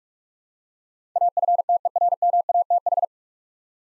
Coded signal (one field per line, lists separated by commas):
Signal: Morse code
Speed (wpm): 44 wpm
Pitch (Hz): 700 Hz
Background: none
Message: AFTERMATH